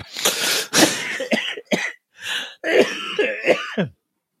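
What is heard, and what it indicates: A rapid run of about six harsh, wet coughs with gasping in-breaths between them, in a small room, from an adult man with a thrashed voice who was recently sick with an illness right before Christmas.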